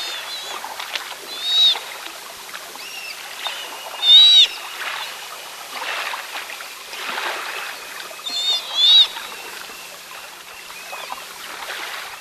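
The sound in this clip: Sea otter squealing calls: high harmonic screeches in several short bursts spread throughout.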